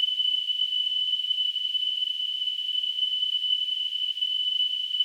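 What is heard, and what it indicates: A steady, continuous high-pitched tone near 3 kHz with faint surrounding hiss, a synthesized tinnitus sound sample.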